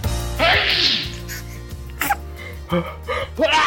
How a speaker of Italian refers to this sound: Prima della fine della diretta vi faccio anch'io uno starnuto.